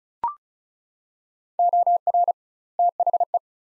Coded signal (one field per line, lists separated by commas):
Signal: Morse code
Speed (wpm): 34 wpm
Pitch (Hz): 700 Hz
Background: none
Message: OR THE